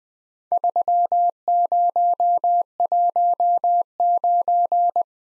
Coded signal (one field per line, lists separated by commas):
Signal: Morse code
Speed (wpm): 20 wpm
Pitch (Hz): 700 Hz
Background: none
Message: 3019